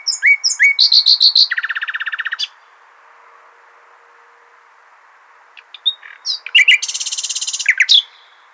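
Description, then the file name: Common nightingale song: rising whistled notes and fast repeated trills in one phrase, a pause, then another phrase of rapid buzzy repeated notes. "Luscinia megarhynchos"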